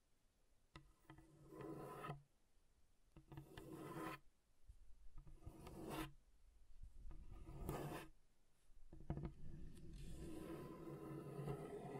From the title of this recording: Table Scratching Different Surfaces